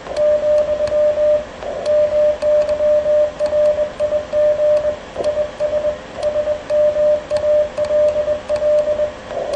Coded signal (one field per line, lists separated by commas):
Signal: Morse code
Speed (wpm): 22 wpm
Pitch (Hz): 600 Hz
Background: radio noise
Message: , MY RIG IS SMALL